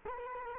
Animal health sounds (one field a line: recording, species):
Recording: mosquito wingbeat signal from an infrared sensor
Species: Culex quinquefasciatus